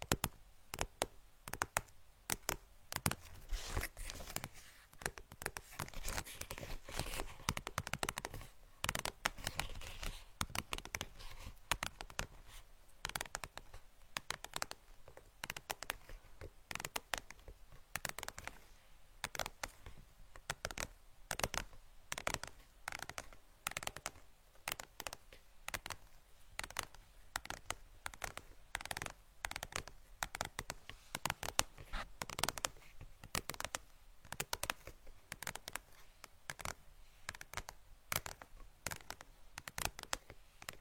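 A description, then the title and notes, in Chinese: Brain tapping: quick, crisp taps and crackly scratching sounds run the whole way through, dense and irregular, like cards being riffled. The clicks are bright and sharp, with no pauses, and the level stays fairly even from start to finish. 敲击大脑/指尖刺痛（声控助眠）。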